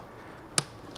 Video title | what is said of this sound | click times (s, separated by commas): 🌟NEW🌟 - It's Finally Here... The Chemical Guys ProFlow PM2000 Performance Pressure Washer! 😲💦 | what i personally love about it is it enables it to click into place | 0.6 s